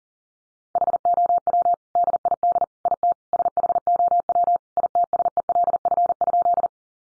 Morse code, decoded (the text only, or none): HOW DID IT SHOW ITSELF?